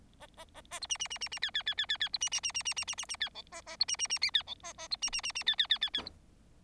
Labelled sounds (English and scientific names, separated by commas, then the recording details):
Bengalese Finch (Lonchura striata domestica) song
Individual Bird4